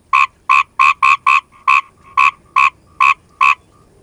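Asian grass frog croaking, a series of short harsh nasal notes in uneven bursts, about ten croaks over four seconds with brief pauses between groups.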